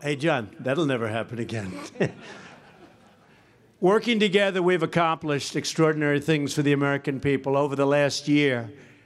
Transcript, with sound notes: Hey, John, that will never happen again. (Laughter.) Working together, we’ve accomplished extraordinary things for the American people over the last year,